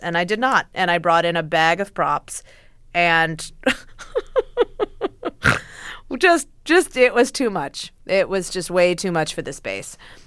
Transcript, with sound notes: And I did not, and I brought in a bag of props, and (laughter) just - it was too much. It was just way too much for the space.